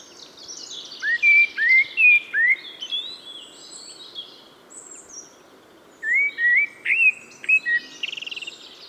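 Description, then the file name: Common blackbird song: three rising whistled notes, a quiet spell, then a second fluty phrase finishing in a quick high rattle. "Turdus merula"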